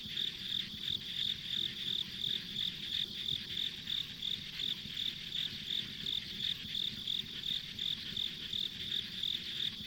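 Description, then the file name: Insect chirps, high and piercing, pulsing steadily about three times a second, with low rumbling noise in the background. Insects as ambient sound on a country road in the countryside. "田舎道の虫の環境音"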